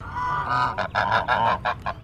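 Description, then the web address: Chinese goose honking: one drawn-out nasal honk followed by a quick series of a few shorter, harsh honks. "Sound Effects-Foundation 1 BIRD GEESE CHINESE HONK"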